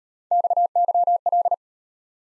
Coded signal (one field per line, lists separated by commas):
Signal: Morse code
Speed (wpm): 36 wpm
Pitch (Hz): 700 Hz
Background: none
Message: XYL